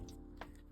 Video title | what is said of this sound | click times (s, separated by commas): Replacing G Shock GA-150A Battery MADE EASY! Step By Step Tutorial (5255 Module) | and we'll feel it click right in place. | 0.4 s